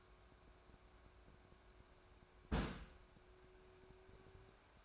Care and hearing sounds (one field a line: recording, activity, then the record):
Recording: daily activity, microphone in the room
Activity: place on stove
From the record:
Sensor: 2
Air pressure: 1010.2 hPa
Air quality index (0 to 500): 161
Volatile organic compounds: 7 ppm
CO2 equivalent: 2023 ppm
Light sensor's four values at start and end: 41/97/44/50 and 41/98/44/50